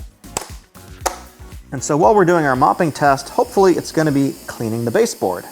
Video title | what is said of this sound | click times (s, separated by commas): Narwal Freo Z Ultra Is The BEST Obstacle Avoidance Robot | you get these optional fluffy things which are baseboard cleaning modules and they just click right into here | 0.4 s, 1.1 s